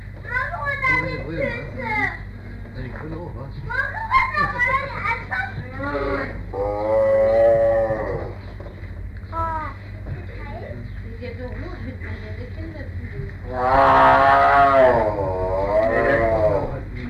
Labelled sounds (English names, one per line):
Sun Bear call